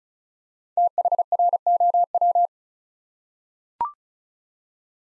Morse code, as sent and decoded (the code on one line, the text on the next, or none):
- .... .-. --- .--
THROW